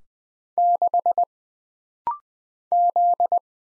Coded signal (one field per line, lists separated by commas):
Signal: Morse code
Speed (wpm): 20 wpm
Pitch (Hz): 700 Hz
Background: none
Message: 6 Z